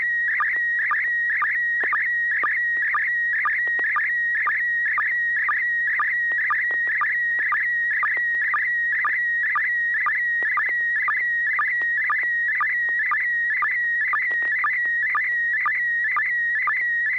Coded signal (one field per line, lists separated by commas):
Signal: SSTV (slow-scan television)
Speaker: carol will have a chance to take a look at the picture and give us some comments